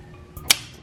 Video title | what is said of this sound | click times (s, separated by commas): Installing Cams in the Mark VIII Engine Swap | that snap snap in place and keeps the engine in place so now we're times | 0.5 s